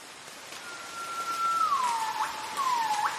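Magpie whistle, a clear steady tone that slides smoothly downward, then a second falling whistle, over a steady hiss of background noise.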